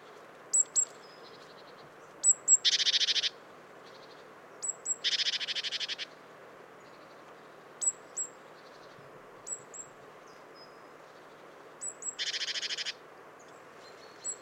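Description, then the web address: Great tit calls: high thin notes in twos and threes, three of the series leading into a harsh stuttering churr, with scattered high notes between. "SETE data Parus major"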